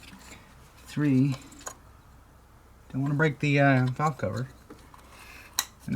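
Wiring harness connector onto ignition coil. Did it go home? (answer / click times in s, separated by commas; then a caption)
yes / 5.6 s. On a 2017 Ford Fusion Hybrid, a plastic wiring harness electrical connector is pushed onto an ignition coil while the coils are reinstalled after a spark plug change, as someone talks. It snaps home with one sharp click at 5.6 s, and the connector is seated.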